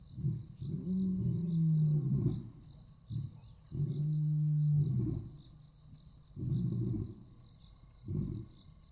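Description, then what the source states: Lion making deep, drawn-out grunts and moans at uneven intervals, trailing into shorter low grunts. Roar.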